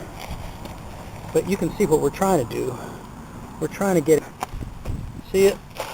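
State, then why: Not seated. A tent pole end is pushed into a plastic connector on the tent frame while a REI Base Camp 4 tent is being pitched, and someone talks over faint low rumble. Short sharp knocks come at about 4.4 and 5.8 seconds, but nothing has seated or clicked yet when the sound ends.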